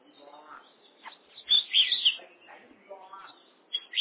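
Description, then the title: Oriental magpie-robin song: soft, varied twitters that build into a loud burst of sharp chirps midway, with more brief notes near the end. "Kacer"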